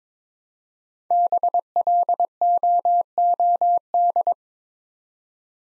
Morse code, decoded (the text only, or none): BLOOD